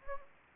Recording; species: mosquito wingbeat signal from an infrared sensor; Anopheles gambiae